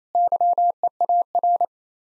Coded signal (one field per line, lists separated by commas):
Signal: Morse code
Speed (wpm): 28 wpm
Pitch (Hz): 700 Hz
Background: none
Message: YEAR